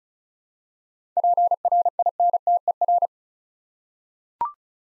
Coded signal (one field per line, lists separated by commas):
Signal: Morse code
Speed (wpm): 35 wpm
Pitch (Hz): 700 Hz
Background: none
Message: PRINTER